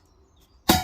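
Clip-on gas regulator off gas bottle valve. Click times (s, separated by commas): 0.7 s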